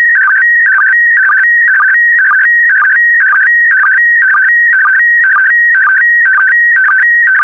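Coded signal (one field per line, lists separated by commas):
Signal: SSTV (slow-scan television)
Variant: PD120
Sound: warbling electronic tone jumping between pitches, with a short low chirp twice a second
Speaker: The next image transmission will start in 10 seconds.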